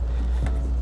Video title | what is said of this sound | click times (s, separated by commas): 2020 Nissan Rogue Trailer Wiring Installation | kind of it's a t-connect that we can plug right into here and once you hear the click it's in | 0.5 s